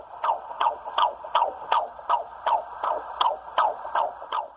In Vancouver in Canada. It's the heartbeat of the baby she's expecting in June. Can't wait to meet little guy.